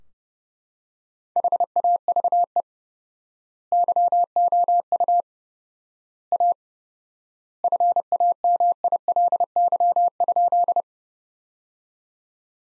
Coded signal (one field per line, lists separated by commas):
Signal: Morse code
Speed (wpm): 30 wpm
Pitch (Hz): 700 Hz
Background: none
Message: HAVE YOU A FAMILY?